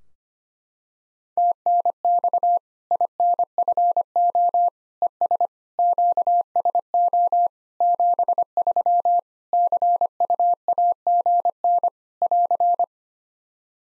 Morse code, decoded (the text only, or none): TNX INFO ES QSO 73 CUAGN <AR>